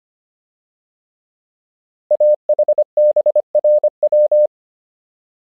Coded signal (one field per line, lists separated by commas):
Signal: Morse code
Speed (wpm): 25 wpm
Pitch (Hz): 600 Hz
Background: none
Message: AHBRW